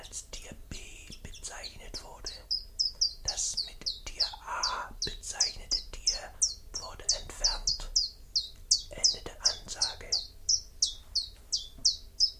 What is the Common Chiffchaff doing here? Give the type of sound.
song